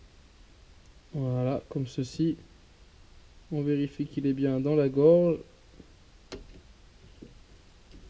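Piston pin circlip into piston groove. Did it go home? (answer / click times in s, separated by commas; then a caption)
yes / 6.3 s. The last metal circlip retaining the piston pin is fitted into its groove on a moped AV10 engine piston, and it is checked to sit in the groove. Someone talks, then a short sharp click at 6.3 s marks the circlip snapping into the groove, confirming it is seated.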